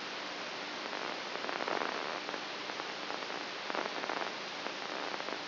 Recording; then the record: brain microelectrode recording played as sound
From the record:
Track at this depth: inside the subthalamic nucleus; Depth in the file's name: 1.64 mm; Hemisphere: right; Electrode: 2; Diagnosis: Parkinson's disease